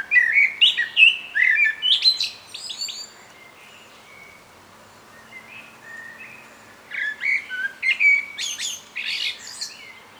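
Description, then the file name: Common blackbird sings two phrases separated by a pause of several seconds, each mixing low fluty notes with high, squeaky twitters. "Turdus merula"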